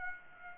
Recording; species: mosquito wingbeat signal from an infrared sensor; Aedes aegypti